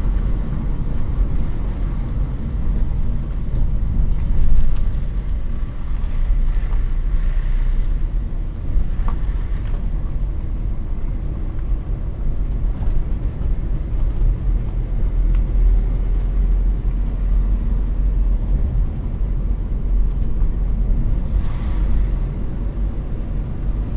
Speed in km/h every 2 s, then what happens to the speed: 26, 22, 13, 14, 15, 16, 18, 19, 21, 20, 22, 26.
0-4 slows to 13. 4-19 steady at about 16. 19-24 speeds up to 26.